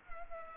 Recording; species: mosquito wingbeat signal from an infrared sensor; Culex pipiens